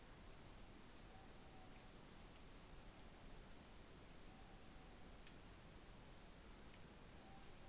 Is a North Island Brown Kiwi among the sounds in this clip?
no